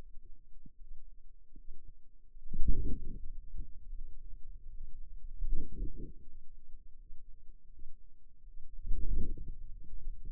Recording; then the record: forearm muscle sounds (acoustic myography)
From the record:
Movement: wrist extension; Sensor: system 2, bracelet of six BSWA MPA416 microphones around the upper forearm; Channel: 3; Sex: female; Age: 23 years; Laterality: right